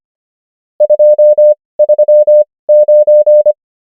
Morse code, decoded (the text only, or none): 2 3 9